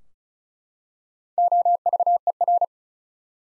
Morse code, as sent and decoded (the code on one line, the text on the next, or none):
--- ...- . .-.
OVER